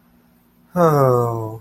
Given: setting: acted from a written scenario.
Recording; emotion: vocal sound without words; contentment